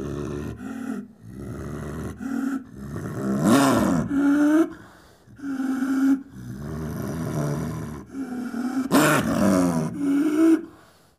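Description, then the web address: Leopard vocalizing in repeated moaning calls with rising and falling pitch, broken by two harsh, noisy bursts. "big cats|leopards"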